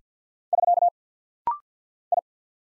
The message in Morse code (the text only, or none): <SK> I